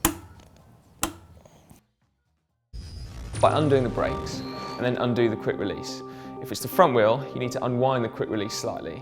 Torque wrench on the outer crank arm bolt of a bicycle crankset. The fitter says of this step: set the torque wrench to the required amount and then tighten the bolt until it clicks